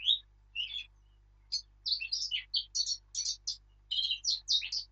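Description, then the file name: Blackcap song opening with a couple of clear notes, then after a pause a dense run of quick, chattering and fluty notes to the end. "Sylvia atricapilla"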